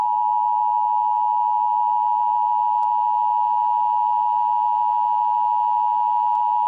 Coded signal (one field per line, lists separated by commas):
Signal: Emergency Alert System (SAME) tones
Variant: 853 and 960 Hz attention tone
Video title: Emergency Alert System Contaminated Water Warning